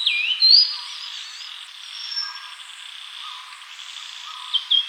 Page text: Grey-Cheeked Fulvetta Song. Quick Sounds